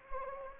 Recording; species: mosquito wingbeat signal from an infrared sensor; Anopheles arabiensis